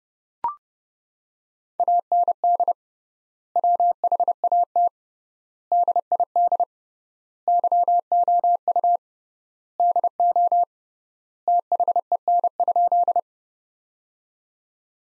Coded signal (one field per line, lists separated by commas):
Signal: Morse code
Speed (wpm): 30 wpm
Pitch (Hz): 700 Hz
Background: none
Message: AND WHAT DID YOU DO THEN?